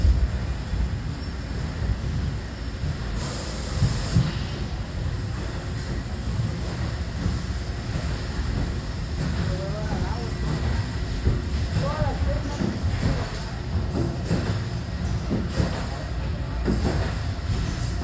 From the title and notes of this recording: As the project gets underway, you'll hear the satisfying sounds of pops, beeps, clunks, and hisses as machines and equipment are put into action. The sounds of people working together, discussing and collaborating, are a harmonious melody that creates a feeling of unity and progress.